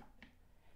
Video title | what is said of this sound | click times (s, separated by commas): VOCiC Rollator Walker Transport Chair 2-in-1 - Mother's Day SALE on NOW | until you hear it click and release | 0.2 s